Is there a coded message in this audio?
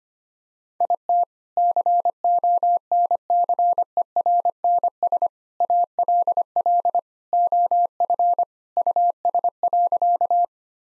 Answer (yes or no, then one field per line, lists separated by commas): yes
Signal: Morse code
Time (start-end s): 0.8-10.4 s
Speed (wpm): 25 wpm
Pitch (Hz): 700 Hz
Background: none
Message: IT CONCERNS ALL OF US.